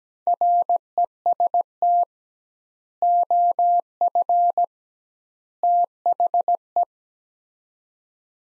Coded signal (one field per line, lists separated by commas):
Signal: Morse code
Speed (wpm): 17 wpm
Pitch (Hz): 700 Hz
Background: none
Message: REST OF THE